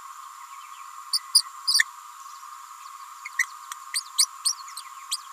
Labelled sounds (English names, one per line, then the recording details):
Green-rumped Parrotlet babbling
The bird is a female
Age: 29 days
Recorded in a nest box in Venezuela
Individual 17B31A3